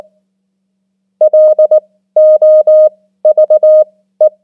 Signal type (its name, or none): Morse code